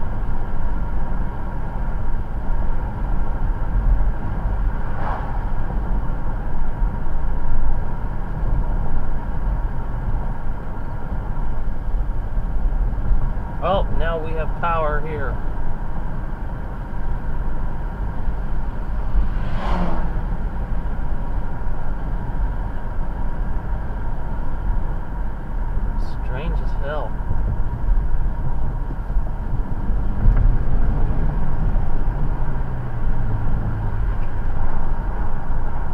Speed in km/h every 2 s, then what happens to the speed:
64, 63, 63, 60, 60, 58, 58, 60, 58, 60, 60, 60, 58, 55, 55, 64, 63, 61.
0-9 slows to 58. 9-22 steady at about 60. 28-30 speeds up to 64. 30-36 steady at about 63.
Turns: none.